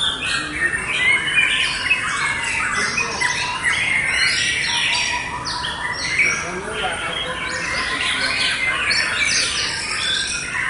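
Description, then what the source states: White-rumped shama singing a rich, rapid medley of sharp whistled and chirping phrases that continue without a break for the whole stretch. Wild bird in forest; presented as its original, natural song.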